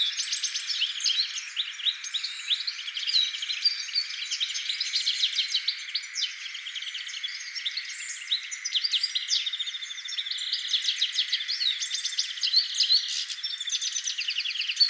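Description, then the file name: European goldfinch calls: a dense, continuous twittering of bright, tinkling chirps and short trills, run together without pause for the whole fifteen seconds. "Carduelis carduelis"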